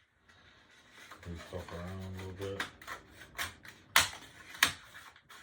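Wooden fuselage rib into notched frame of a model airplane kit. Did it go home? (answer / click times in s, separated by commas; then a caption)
yes / 4.0 s, 4.6 s. Someone talks as a wooden fuselage rib of a Meister F4U Corsair model airplane kit is pushed into its slot in the notched frame, unglued because wood glue will be used later. Sharp clicks ring out at 4.0 and 4.6 seconds as the rib snaps into place and seats.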